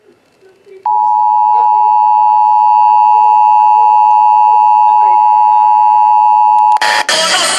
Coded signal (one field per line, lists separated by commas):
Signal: Emergency Alert System (SAME) tones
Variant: 853 and 960 Hz attention tone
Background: speech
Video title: Shasta's RMT (EAS #3544-3555)